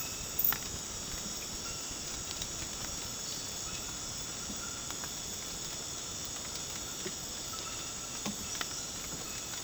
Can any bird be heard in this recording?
no